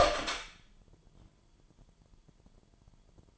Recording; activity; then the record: daily activity, microphone in the room; open door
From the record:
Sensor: 5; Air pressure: 998.5 hPa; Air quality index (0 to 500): 82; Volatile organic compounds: 1 ppm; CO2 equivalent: 934 ppm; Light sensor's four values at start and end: 33/80/33/36 and 33/80/33/37